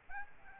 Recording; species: mosquito wingbeat signal from an infrared sensor; Aedes albopictus